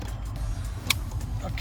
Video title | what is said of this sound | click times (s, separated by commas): Acura MDX Door Button/Locks Problem FIX ! EASY DIY How To Replace Wiring Harness | that okay here a nice click sound | 0.9 s